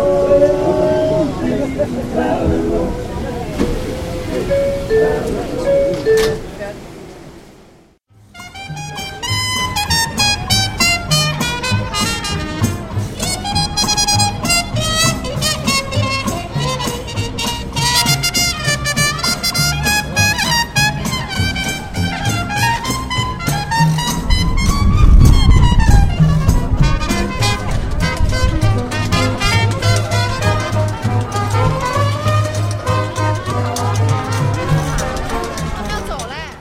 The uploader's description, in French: sons captés lors de mon séjour New Yorkais